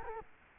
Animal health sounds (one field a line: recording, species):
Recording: mosquito wingbeat signal from an infrared sensor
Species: Culex quinquefasciatus